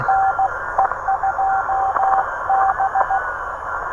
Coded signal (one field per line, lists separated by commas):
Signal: Morse code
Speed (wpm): 16 wpm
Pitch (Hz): 780 Hz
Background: radio noise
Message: NE2B